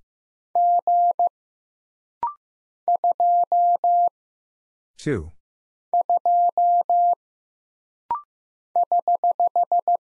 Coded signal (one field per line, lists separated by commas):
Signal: Morse code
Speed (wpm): 15 wpm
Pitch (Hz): 700 Hz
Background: none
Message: G 2 2 <HH>